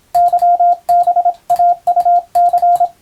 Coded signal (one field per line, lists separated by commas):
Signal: Morse code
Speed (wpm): 26 wpm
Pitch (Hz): 700 Hz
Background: radio noise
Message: YBAUC